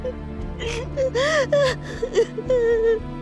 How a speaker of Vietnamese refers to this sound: Tiếng khóc xé lòng của họ làm linh hồn Kha quyến luyến không thể đi.